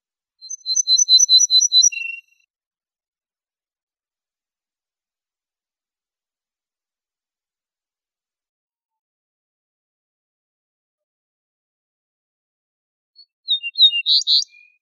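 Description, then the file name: Ortolan bunting song: one phrase near the start, a rapid series of bright repeated notes dropping to a lower final note, then after a long silence another phrase near the end. "suara kicauan ortolan"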